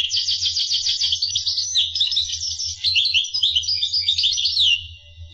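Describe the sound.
Finch song, a dense unbroken stream of rapid high chirps and trills that fades at the end, steady low hum behind.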